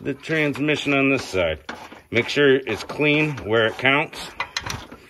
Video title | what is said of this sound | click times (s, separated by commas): Replace radiator Chevy Silverado GMC Sierra with oil cooler | little oils always there we go you hear that snap it won't pull back out | 4.6 s